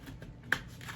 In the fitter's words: okay that one snapped in okay hear that snap it went in